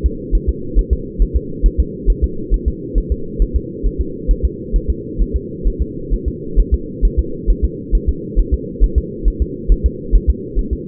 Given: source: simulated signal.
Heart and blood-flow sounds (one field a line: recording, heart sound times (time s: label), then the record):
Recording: fetal heart sounds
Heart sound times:
0.06 s: S2
0.35 s: S1
0.49 s: S2
0.79 s: S1
0.93 s: S2
1.22 s: S1
1.37 s: S2
1.66 s: S1
1.80 s: S2
2.10 s: S1
2.24 s: S2
2.54 s: S1
2.68 s: S2
2.98 s: S1
3.12 s: S2
3.42 s: S1
3.56 s: S2
3.86 s: S1
4.01 s: S2
4.31 s: S1
4.45 s: S2
4.76 s: S1
4.90 s: S2
5.22 s: S1
5.36 s: S2
5.67 s: S1
5.82 s: S2
6.14 s: S1
6.28 s: S2
6.59 s: S1
6.74 s: S2
7.05 s: S1
7.19 s: S2
7.50 s: S1
7.65 s: S2
7.95 s: S1
8.09 s: S2
8.39 s: S1
8.54 s: S2
8.84 s: S1
8.98 s: S2
9.28 s: S1
9.42 s: S2
9.72 s: S1
9.86 s: S2
10.15 s: S1
10.30 s: S2
10.59 s: S1
10.73 s: S2
From the record:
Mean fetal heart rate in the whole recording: 135 bpm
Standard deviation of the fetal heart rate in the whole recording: 3 bpm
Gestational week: 36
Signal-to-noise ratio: -4.3 dB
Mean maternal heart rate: 72 bpm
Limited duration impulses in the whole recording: absent